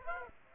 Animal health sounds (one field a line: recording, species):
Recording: mosquito wingbeat signal from an infrared sensor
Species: Aedes aegypti